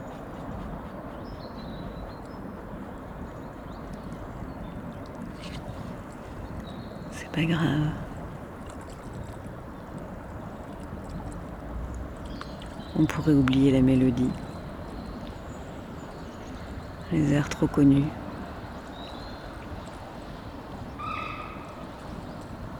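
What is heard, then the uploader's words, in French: Ambience by the Trou aux Gants pond in the Meudon forest, with a steady low rumble running throughout. Short bursts of voices break in around 7, 13 and 17 seconds, and a few faint high chirps appear near the end. Juste à l'aube, une ouverture vers l'intérieur du monde, qui est tout sauf hermétique aux bruits des terriens jusque dans le ciel. Conversation avec l'étang du Trou aux Gants et ses proches, en forêt de Meudon.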